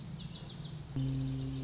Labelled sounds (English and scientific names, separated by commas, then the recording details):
Lazuli Bunting (Passerina amoena)
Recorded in Sonoma County, California